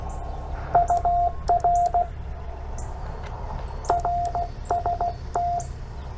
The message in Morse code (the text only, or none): UR RST